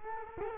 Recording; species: mosquito wingbeat signal from an infrared sensor; Culex quinquefasciatus